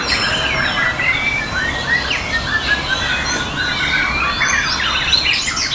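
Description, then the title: Birds chirping and twittering throughout, with dense overlapping high chirps and short trills over a steady background hiss. "SuaraBurung Kicau"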